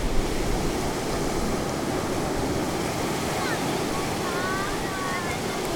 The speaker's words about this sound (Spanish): Bueno, pues a mí el sonido del mar me parece muy espectacular. Me parece como si fueran las caracolas, esas así que hacen, ¿sabes? Y el choque de las olas con unas con otras al romper es muy bonito. Es muy bueno.